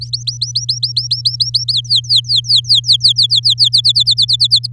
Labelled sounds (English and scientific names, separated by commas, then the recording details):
Domestic Canary (Serinus canaria) song
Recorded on 8 May 2018 at 07:08
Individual llb16